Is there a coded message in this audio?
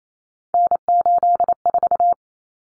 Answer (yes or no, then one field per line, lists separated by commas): yes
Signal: Morse code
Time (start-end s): 0.5-2.1 s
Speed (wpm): 28 wpm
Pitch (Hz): 700 Hz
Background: none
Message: N84